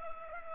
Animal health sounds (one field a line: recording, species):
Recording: mosquito wingbeat signal from an infrared sensor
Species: Culex pipiens